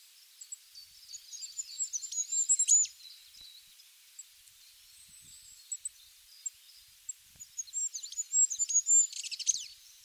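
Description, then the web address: Bird calls: sharp high chirps and short twittering runs, a burst near the start, scattered notes midway, then a louder twittering spell toward the end. "cianscape. Deverinetal 2025. Bird Only"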